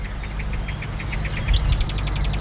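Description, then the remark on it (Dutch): A marsh warbler sings a rapid run of repeated chattering notes, shifting midway to a higher, faster series of bright trills, over a steady low rumble, beside the Geul stream near the village of Partij, among reeds and rough willow scrub. “Dank, Minneke, voor je opname van onder andere de bosrietzanger en je mooie woorden.”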